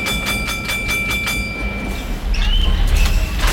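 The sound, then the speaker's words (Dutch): Tram line 44 from Brussels to Tervuren, recorded in August 1997, rumbles along the rails with steady low noise and rhythmic clacking, a thin high whine running through it before metallic squeals and a louder rolling surge near the end. “En toen nam ik ook het trammetje 44 van Brussel naar Tervuren. Maakte daartoe deze opname.”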